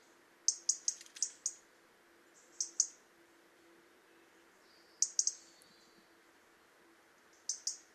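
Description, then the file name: European robin ticking calls, thin high clicks bunched in short rapid series with gaps of a few seconds between bursts. "Erithacus rubecula"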